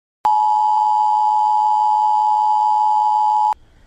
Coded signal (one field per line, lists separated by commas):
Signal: Emergency Alert System (SAME) tones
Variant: 853 and 960 Hz attention tone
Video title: Reacting to emergency alert systems part one (new trend) #emergencyalertsystem #easalert #fakenews